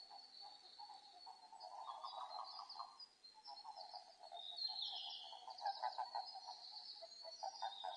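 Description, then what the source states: Japanese common toads giving soft, rapid pulsed trills, several callers overlapping irregularly, with faint high chirps and thin whistles above them. Eastern form of the Japanese common toad (azumahikigaeru), recorded on 5 June 2005.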